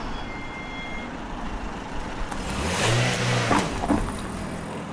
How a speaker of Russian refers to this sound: По улице едет машина.